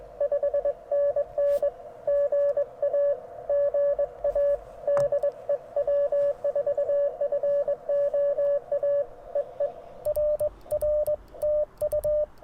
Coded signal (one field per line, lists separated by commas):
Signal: Morse code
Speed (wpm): 22 wpm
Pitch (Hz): 590 Hz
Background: radio noise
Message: 5NN GA GA DE W4FOA EE R R TU